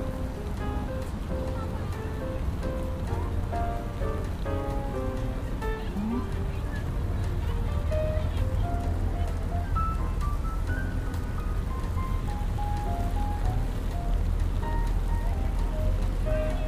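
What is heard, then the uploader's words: Rain on a New York day, with a constant low rumble of traffic underneath a steady wash of falling water. Scattered voices and short tonal sounds drift through, and the overall level stays even for the whole stretch. Raining Day In New York.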